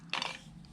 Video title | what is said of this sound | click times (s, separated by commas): STACCATO C2 DUO - WHAT IS INCLUDED | the magazine slides in really well. You hear that click? | 0.1 s